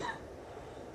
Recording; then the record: coughing mixed with background sound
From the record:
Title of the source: female coughing - coughing sound effects girl